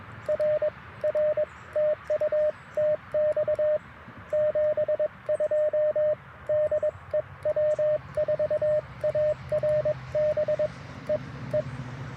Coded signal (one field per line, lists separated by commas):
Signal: Morse code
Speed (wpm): 22 wpm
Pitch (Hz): 610 Hz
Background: radio noise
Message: R R TU TX 72 DE W4ARB E E